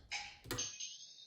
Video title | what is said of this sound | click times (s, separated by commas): Santec 1/2" Valve w/ Diverter | and it clicks back into position | 0.5 s